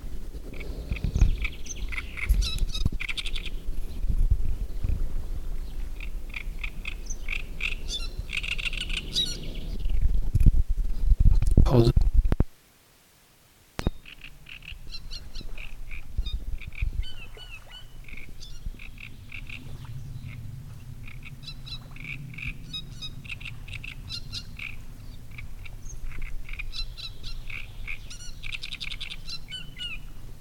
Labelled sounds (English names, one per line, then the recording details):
Great Reed Warbler
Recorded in the wild
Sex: male
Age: adult
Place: Müggelsee, Berlin, DE
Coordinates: 52.43, 13.64
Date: 1991-06-07 18:55
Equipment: Uher 4400 Report Monitor, Sennheiser ME 80, K 30 AV
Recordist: Fischer, Stefan